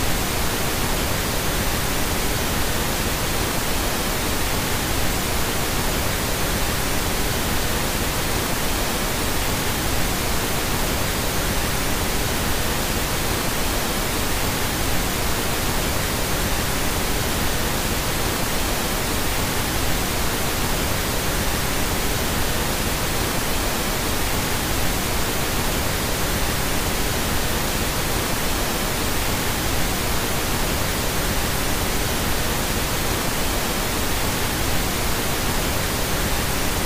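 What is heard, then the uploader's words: Deep pink noise runs unbroken for the whole stretch, a dense, even hiss weighted toward a soft low rumble with a gentler top. Its level never shifts, with no events or background sounds, only a faint, slow rolling texture in the low end. 2 hours of deep pink noise.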